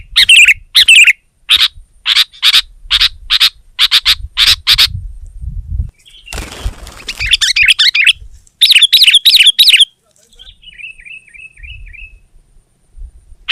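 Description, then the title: Sooty-headed bulbul chirping, a run of sharp notes, then a brief bubbly phrase and a soft trill near the end, with a short burst of rustling. "kutilang"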